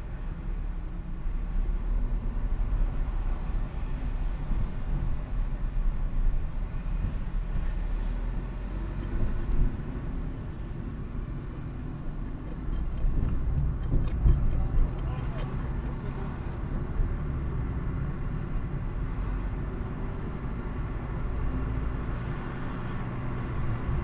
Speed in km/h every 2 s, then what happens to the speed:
18, 18, 17, 16, 17, 21, 26, 32, 35, 34, 41, 50.
0-8 steady at about 17. 8-15 speeds up to 35. 18-22 speeds up to 50.